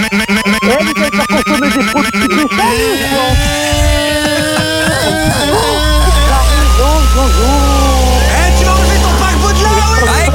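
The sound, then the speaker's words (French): A small scooter engine buzzes steadily, its pulsing drone shifting into a deeper, louder rumble, while voices talk over it throughout. “Je vais prendre le scooter, là.”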